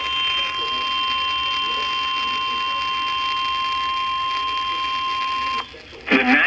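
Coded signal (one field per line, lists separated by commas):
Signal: Emergency Alert System (SAME) tones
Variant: 1050 Hz attention tone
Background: speech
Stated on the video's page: Severe thunderstorm warning EAS alert on KQID.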